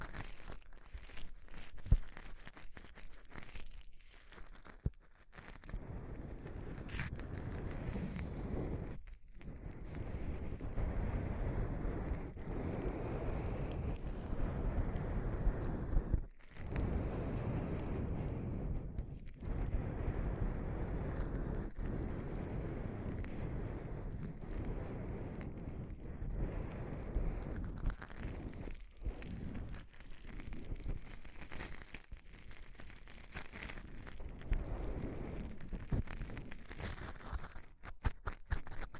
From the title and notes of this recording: TimASMR- strong ear attention Grab the microphone slowly. (no talking).